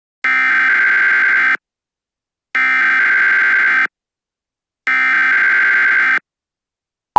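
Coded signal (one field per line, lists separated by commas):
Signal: Emergency Alert System (SAME) tones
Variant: header bursts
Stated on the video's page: Fictional EAS scenario.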